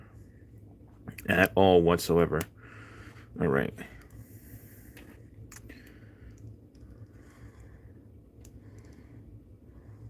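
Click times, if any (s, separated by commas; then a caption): none. Someone talks briefly while a plastic block figure part is pressed into its joint, followed by a few faint, short plastic taps and handling sounds. The part has not clicked into its joint yet.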